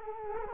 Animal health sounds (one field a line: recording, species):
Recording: mosquito wingbeat signal from an infrared sensor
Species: Culex quinquefasciatus